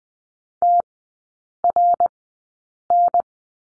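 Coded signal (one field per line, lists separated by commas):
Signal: Morse code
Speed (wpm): 20 wpm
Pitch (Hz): 700 Hz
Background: none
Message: TRN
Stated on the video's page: Morse course lesson on the letter H in three-character groups at Farnsworth speed 20/10 wpm.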